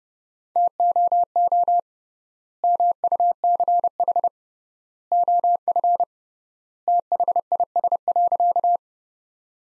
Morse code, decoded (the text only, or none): TOO MUCH OF THIS.